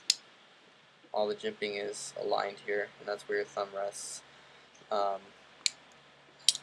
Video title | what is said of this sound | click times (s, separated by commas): Emerson SOCFK | and even sticking out the top so as it locks into place all | 0.1 s